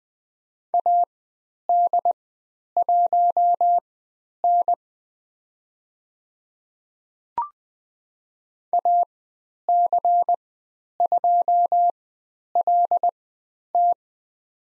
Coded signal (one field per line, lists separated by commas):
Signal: Morse code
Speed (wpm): 20 wpm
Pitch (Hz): 700 Hz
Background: none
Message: AD1N AC2LT